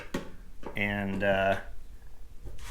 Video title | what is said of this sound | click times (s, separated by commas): 49 - Cri Cri Canopy Install Part 3 | as you can see, I'll release this. Hear it pop. | 0.2 s